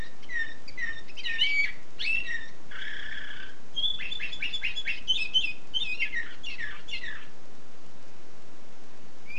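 Canary song: rapid chirping trills, a steady buzzy tone, then runs of fast repeated notes and descending sweeps, followed by a short quiet spell.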